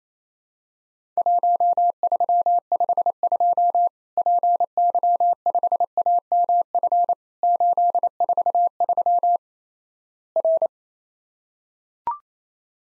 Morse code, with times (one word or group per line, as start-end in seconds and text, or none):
1.2-3.9 1352
4.2-7.1 PY5AMF
7.4-9.4 843
10.4-10.7 R